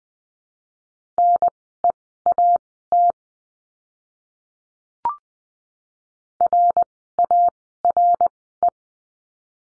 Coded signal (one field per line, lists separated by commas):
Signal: Morse code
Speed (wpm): 20 wpm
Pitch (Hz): 700 Hz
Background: none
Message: NEAT RARE